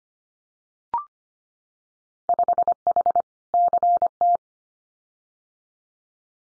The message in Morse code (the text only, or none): 5H CT